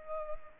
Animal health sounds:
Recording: mosquito wingbeat signal from an infrared sensor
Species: Culex pipiens

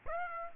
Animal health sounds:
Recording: mosquito wingbeat signal from an infrared sensor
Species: Aedes aegypti

